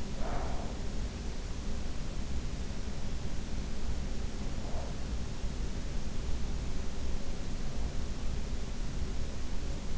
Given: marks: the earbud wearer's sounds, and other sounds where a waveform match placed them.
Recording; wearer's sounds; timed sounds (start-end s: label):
sounds in sleep by an in-ear microphone; breath
0.00-1.53 s: breath